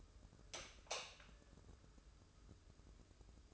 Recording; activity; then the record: daily activity, microphone in the room; light on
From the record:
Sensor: 2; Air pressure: 995.2 hPa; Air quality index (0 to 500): 73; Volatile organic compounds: 2 ppm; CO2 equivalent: 1270 ppm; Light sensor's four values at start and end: 8/19/8/8 and 13/36/14/14